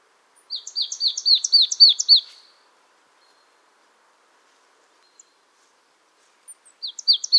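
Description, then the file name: Marsh tit calls: rapid series of sharp, high chirping notes repeated about four per second for two seconds, a pause, then another quick burst near the end. "Poecile palustris"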